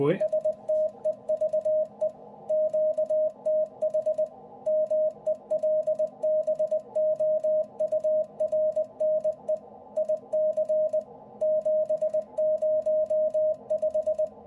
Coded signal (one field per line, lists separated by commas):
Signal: Morse code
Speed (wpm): 20 wpm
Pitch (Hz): 620 Hz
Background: speech, radio noise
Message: STEVE QTH MELBOURNE IC 705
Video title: How to program and use CW / morse code memories for the #Icom range of radio's #hamradio #ic705